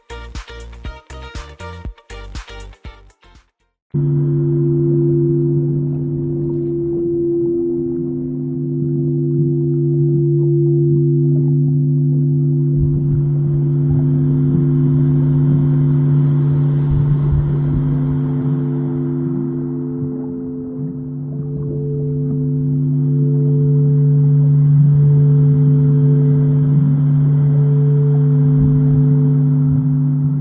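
Singing bowls hum in steady, layered low tones that swell slightly, after a brief choppy, glitchy burst of sound in the first four seconds.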